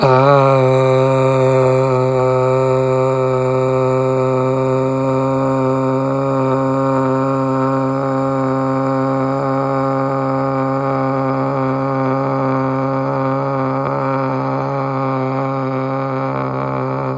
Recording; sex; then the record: sustained vowel /a/; male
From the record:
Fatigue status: no fatigue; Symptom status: symptomatic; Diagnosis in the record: COVID-19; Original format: m4a